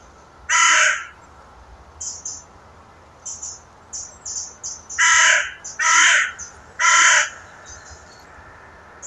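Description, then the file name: Carrion crow uttering hoarse caws, one early then a run of three, while another bird adds thin, short high chirps between them. "Corvus corone"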